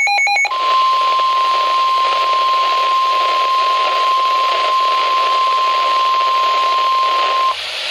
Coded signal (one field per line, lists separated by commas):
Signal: Emergency Alert System (SAME) tones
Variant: 1050 Hz attention tone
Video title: Special Marine Warning for the Potomac River [EAS 110] | NOAA Weather Radio (1/27/2012)